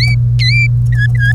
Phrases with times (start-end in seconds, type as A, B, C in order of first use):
0.00-0.15 A, 0.39-0.67 B, 0.92-1.32 C